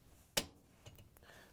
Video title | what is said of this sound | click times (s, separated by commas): Maytag Dishwasher Upper Dishrack Wheel Assembly WP903093 Replacement — fits Whirlpool/KitchenAid | Then we can push it into the rail and snap it into place. | 0.4 s